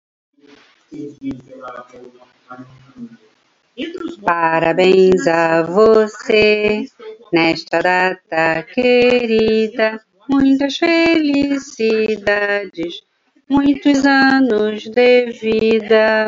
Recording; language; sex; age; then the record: short text; Brazilian Portuguese; female; 60 to 69 years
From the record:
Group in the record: control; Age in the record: 64 years